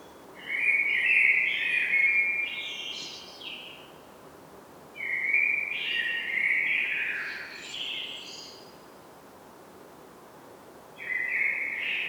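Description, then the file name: Common blackbird warbling, two mellow phrases about five seconds apart, each ending in higher scratchy twitter notes, then the start of a third. "Turdus merula"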